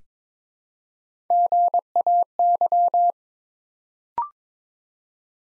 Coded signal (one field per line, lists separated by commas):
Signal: Morse code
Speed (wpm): 22 wpm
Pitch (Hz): 700 Hz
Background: none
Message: GAY